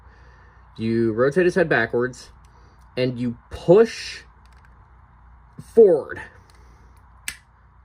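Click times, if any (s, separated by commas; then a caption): 7.3 s. Someone talks while an APC Toys Attack Prime action figure (a TFP Voyager Class Optimus Prime) has its head rotated backwards and pushed forward on its plastic ball joint in the neck socket. After a pause, a sharp click at 7.3 s marks the ball joint popping out of its socket, and the head comes off.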